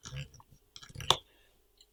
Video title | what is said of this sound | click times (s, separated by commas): Click Serie Tupperware Lasagnes de Courgettes La Speed Recette De Mimi By Tupperware S02E04 | que nous allons demander le petit clic ce que c'est bon | 1.1 s